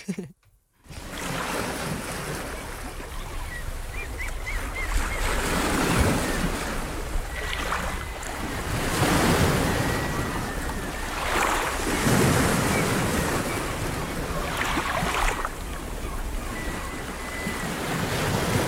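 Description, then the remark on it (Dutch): Steady, full-bodied roar of sea waves washing onto a shore, with broad surges swelling and easing every few seconds and a constant windy hiss underneath; no voices. “Even wegdromen bij de zee.”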